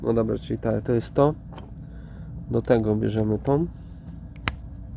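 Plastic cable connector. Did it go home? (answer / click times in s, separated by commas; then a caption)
yes / 4.5 s. A solar connector half is pushed into its mating half while someone talks. A sharp plastic snap rings out at 4.5 s as the connector clicks in and seats.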